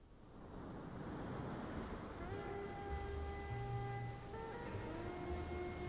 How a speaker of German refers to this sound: Riesige Brandung.